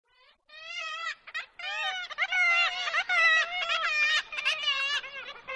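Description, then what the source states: Black-legged Kittiwake calls, a chorus of nasal, harmonic wailing notes in quick succession, several birds calling over one another. Colony near Dunbar Harbour, Scotland, breeding season, nests in an old stone wall; calls exchanged between paired parents of chicks, for communication and socialization.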